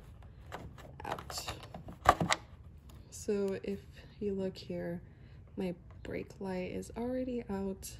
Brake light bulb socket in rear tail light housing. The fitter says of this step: to your left a little bit until you hear that click and then pull it